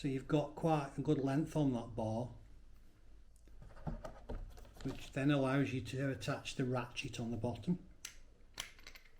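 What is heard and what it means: A ratchet is being handled onto the bottom end of a metal extension bar while someone talks, with faint handling knocks around 3.4 to 4.3 seconds and two sharper taps near 8.0 and 8.6 seconds. Nothing has seated or clicked into place yet.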